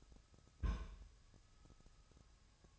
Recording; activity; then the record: daily activity, microphone in the room; place on stove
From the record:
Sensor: 2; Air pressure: 999.2 hPa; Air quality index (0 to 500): 196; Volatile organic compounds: 27 ppm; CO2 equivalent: 2900 ppm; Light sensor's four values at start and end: 6/15/6/6 and 6/15/6/6